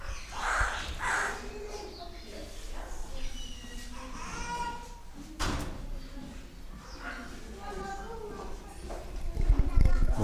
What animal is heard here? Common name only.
Laughing Kookaburra